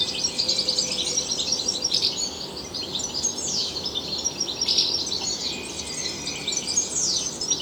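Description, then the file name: European goldfinch song, bright twittering phrases with a few sharp falling notes and short trilled bursts. "Carduelis carduelis"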